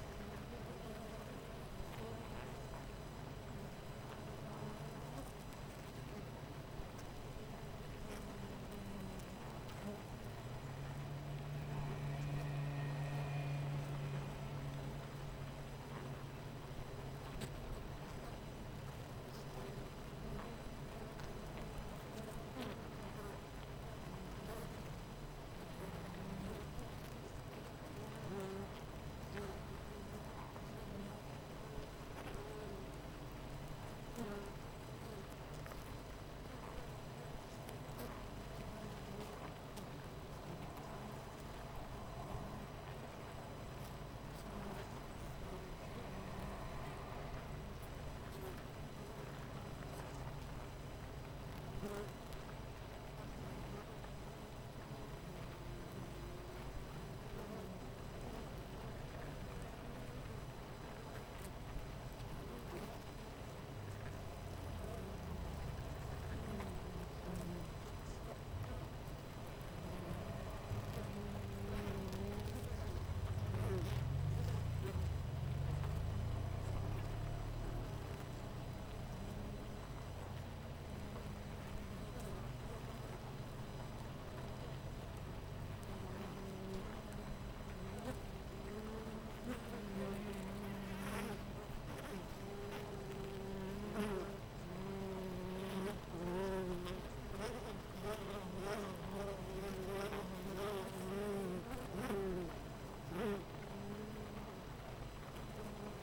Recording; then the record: honeybee colony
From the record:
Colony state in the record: missing queen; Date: 14 July 2017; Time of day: 8:00